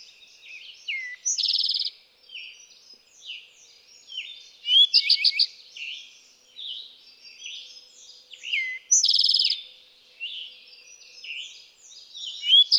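Eastern towhee singing short buzzy trilled phrases about every four seconds, with chirps and whistled notes between.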